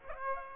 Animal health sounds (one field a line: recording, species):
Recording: mosquito wingbeat signal from an infrared sensor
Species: Aedes aegypti